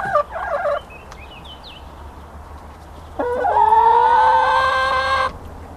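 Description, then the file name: Chicken calls: a few quick stepped notes, small bird chirps, then a long loud drawn-out harmonic call of about two seconds. Hens, recorded 5 April 2014 on an MZ-N710 recorder. "MZ-N 710 Poules 5 04 14"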